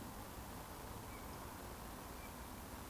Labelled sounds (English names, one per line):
Eurasian Woodcock whistle